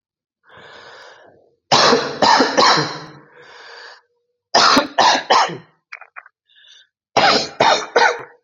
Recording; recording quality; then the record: shallow voluntary cough; excellent, no background noise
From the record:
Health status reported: recovered from COVID-19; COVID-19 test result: positive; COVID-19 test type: RT-PCR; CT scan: not taken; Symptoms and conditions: none ticked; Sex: male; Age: 27 years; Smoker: yes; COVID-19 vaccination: both doses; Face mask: not worn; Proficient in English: yes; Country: India